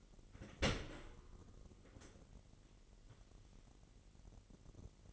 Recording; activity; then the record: daily activity, microphone in the room; open dishwasher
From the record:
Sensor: 4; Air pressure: 999.1 hPa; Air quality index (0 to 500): 122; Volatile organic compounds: 2 ppm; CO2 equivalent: 1195 ppm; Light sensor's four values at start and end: 8/19/8/8 and 8/18/7/8